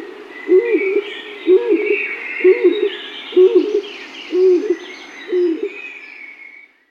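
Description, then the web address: Stock dove calling in a steady run of deep, rounded coos roughly every second, while other birds chirp and twitter higher up. "Huldue"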